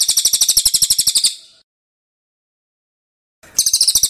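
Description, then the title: Bird song: a quick burst of high, repeated chirps, two seconds of silence, then the same rapid chirping resumes. Masteran training recording used to teach songbirds. "Masteran Burung"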